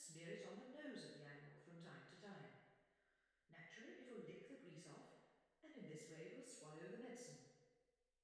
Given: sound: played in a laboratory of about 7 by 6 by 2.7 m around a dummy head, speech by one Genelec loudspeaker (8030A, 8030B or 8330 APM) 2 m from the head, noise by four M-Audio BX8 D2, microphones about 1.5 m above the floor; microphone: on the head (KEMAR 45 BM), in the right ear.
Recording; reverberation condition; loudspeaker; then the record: female speech in English; high; 60 degrees to the left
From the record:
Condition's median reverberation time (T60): about 1300 ms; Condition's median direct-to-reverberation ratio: about -4.0 dB